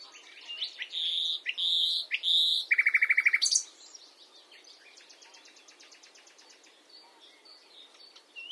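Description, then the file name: Common nightingale song: sustained whistled notes, then a rapid loud chattering trill, followed by a quieter run of fast repeated clicks and a brief note at the end. "Luscinia megarhynchos"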